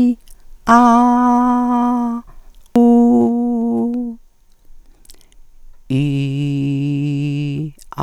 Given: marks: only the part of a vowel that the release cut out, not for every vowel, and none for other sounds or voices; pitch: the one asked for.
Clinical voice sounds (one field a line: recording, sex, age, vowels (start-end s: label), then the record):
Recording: sustained vowels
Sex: female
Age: 70 to 79 years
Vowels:
0.72-1.90 s: vowel /a/, high pitch
2.77-3.83 s: vowel /u/, high pitch
5.94-7.58 s: vowel /i/, low pitch
From the record:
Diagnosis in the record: recurrent laryngeal nerve paralysis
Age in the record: 75 years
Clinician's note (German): Strumiprive li mit guter Kompensation